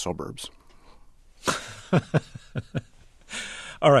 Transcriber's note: soundbite of laughter